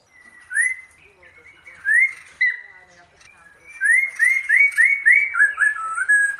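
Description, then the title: Bird song with scattered whistled upslurs separated by quiet gaps, then a rapid string of rising whistles and lower warbled notes, with faint softer chirping behind. Birdsong used as a masteran for training songbirds. "Masteran Burung"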